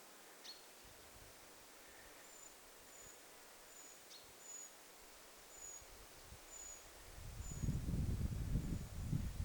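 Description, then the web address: Eurasian treecreeper giving a run of high, thin, evenly spaced call notes, with a louder low rumble of rustling toward the end. Possibly a young bird calling within a small flock of small birds, recorded 20 July 2026. "paivat 20 7 2026 pikkulintuparvi ehka nuori puukiipija aantelee"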